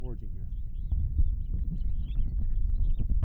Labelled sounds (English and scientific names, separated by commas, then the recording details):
House Finch (Haemorhous mexicanus) song
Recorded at Wantagh on Long Island, New York, on 21 May 1975
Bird H